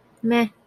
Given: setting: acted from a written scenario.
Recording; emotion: vocal sound without words; neutral